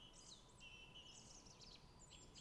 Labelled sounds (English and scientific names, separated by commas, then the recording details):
Song Thrush (Turdus philomelos)
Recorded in Germany
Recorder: ecoPi